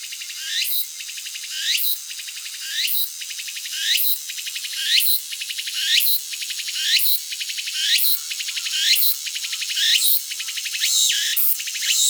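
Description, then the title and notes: Cicada calling in a loud rhythmic pattern, each phrase a sweep followed by a buzzy trill, repeated roughly once per second. Recorded close-up with a parabolic microphone in July at Annakaharuna, Gunma, Kanto region, Japan; males vibrate tymbals; the songs are said to sound electronic. "Cigales électro au Japon"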